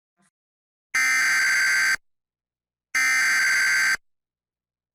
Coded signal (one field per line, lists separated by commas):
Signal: Emergency Alert System (SAME) tones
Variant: header bursts